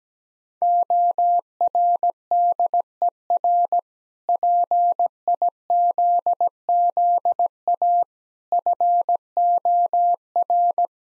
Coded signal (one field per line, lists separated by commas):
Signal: Morse code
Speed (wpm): 17 wpm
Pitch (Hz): 700 Hz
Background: none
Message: ORDER PIZZA FOR